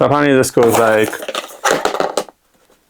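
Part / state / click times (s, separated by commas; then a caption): XLR audio dock module into the back of a stream control deck / not seated / none. Someone talks while handling a plastic XLR audio dock module, getting ready to fit it into the back of a desktop stream control deck. A few short handling knocks and taps follow between about 1.8 and 2.3 seconds, then it goes quiet. Nothing has seated or clicked into place yet.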